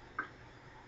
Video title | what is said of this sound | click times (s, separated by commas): pocketWizardsetupC | inserted all the way into the radio you can hear a little click when it's in | 0.2 s